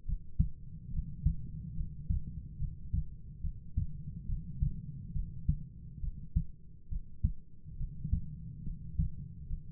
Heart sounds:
heart sounds by stethoscope; 70 bpm
0.06 s: heartbeat
0.92 s: heartbeat
1.75 s: heartbeat
2.58 s: heartbeat
3.41 s: heartbeat
4.26 s: heartbeat
5.13 s: heartbeat
6.00 s: heartbeat
6.89 s: heartbeat
7.77 s: heartbeat
8.63 s: heartbeat
9.48 s: heartbeat
From the record:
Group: heart failure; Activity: rest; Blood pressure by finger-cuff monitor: 76/51 mmHg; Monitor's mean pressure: 61 mmHg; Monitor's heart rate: 69 bpm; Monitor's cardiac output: 4.8 L/min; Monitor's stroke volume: 67 mL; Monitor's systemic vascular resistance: 900 dyn s/cm5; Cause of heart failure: non-ischemic cardiomyopathy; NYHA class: 1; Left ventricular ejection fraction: 42%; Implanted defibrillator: present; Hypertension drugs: sacubitril-valsartan, spironolactone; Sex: female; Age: 39 years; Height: 162 cm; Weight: 67.9 kg

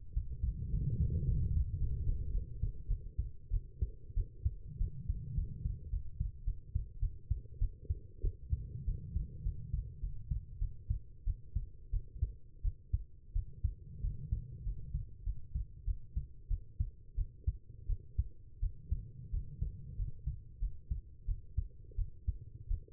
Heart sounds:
heart sounds by stethoscope; 96 bpm
0.14 s: heartbeat
0.71 s: heartbeat
1.25 s: heartbeat
1.78 s: heartbeat
2.32 s: heartbeat
2.88 s: heartbeat
3.51 s: heartbeat
4.15 s: heartbeat
4.78 s: heartbeat
5.35 s: heartbeat
5.91 s: heartbeat
6.45 s: heartbeat
7.00 s: heartbeat
7.59 s: heartbeat
8.22 s: heartbeat
8.86 s: heartbeat
9.44 s: heartbeat
10.01 s: heartbeat
10.59 s: heartbeat
11.25 s: heartbeat
11.91 s: heartbeat
12.62 s: heartbeat
13.33 s: heartbeat
14.02 s: heartbeat
14.64 s: heartbeat
15.24 s: heartbeat
15.85 s: heartbeat
16.48 s: heartbeat
17.16 s: heartbeat
17.87 s: heartbeat
18.60 s: heartbeat
19.31 s: heartbeat
19.97 s: heartbeat
20.60 s: heartbeat
21.26 s: heartbeat
21.96 s: heartbeat
22.68 s: heartbeat
From the record:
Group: healthy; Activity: rest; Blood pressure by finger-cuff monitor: 121/88 mmHg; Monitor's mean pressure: 99 mmHg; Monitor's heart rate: 94 bpm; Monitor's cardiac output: 7.4 L/min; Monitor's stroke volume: 75 mL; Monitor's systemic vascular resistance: 990 dyn s/cm5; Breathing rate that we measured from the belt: 13 breaths a minute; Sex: female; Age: 19 years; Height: 163 cm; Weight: 51 kg

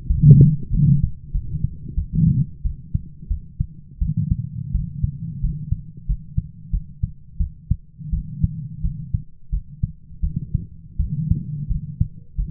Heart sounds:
heart sounds by stethoscope; 88 bpm
0.08 s: heartbeat
0.71 s: heartbeat
1.32 s: heartbeat
1.95 s: heartbeat
2.63 s: heartbeat
3.29 s: heartbeat
4.00 s: heartbeat
4.73 s: heartbeat
5.41 s: heartbeat
6.07 s: heartbeat
6.71 s: heartbeat
7.38 s: heartbeat
8.11 s: heartbeat
8.82 s: heartbeat
9.50 s: heartbeat
10.21 s: heartbeat
10.97 s: heartbeat
11.68 s: heartbeat
12.36 s: heartbeat
From the record:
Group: healthy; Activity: rest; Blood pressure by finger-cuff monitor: 145/85 mmHg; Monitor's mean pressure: 104 mmHg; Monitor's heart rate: 90 bpm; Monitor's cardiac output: 8.1 L/min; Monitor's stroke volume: 91 mL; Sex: female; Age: 22 years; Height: 161 cm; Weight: 65.5 kg

